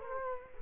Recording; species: mosquito wingbeat signal from an infrared sensor; Culex quinquefasciatus